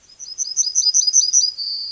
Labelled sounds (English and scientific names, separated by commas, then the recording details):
Yellowhammer (Emberiza citrinella) song
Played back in forest
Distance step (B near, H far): B
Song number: 103